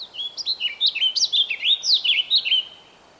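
Bird song, a lively stream of high, sweeping chirps and twittering notes delivered quickly and continuously, fading out at the end.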